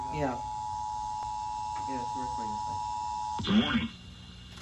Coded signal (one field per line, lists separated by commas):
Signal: Emergency Alert System (SAME) tones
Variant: 853 and 960 Hz attention tone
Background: speech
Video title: EAS 514 FFW RELAY